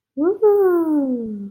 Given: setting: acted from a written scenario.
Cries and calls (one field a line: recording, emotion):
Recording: vocal sound without words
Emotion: interest